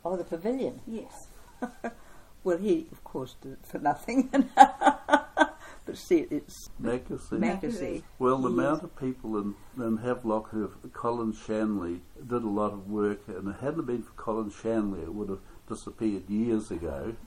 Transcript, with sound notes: Oh the pavilion? Yes. [Chuckle] Well he of course did it for nothing, [chuckle] but see, it’s… Mackersey. Mackersey. Well the amount of people in Havelock who’ve – Colin Shanley did a lot of work, and if it hadn’t have been for Colin Shanley it would’ve disappeared years ago.